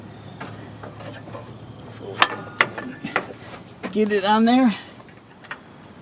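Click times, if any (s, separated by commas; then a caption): none. While refitting the deck on a Craftsman lawn tractor during a deck belt change, the front bracket of the mower deck is handled toward its mount on the tractor frame, with the deck needing to move back a little. Faint metallic ticks and knocks are heard while someone talks. Nothing has seated or clicked into place yet.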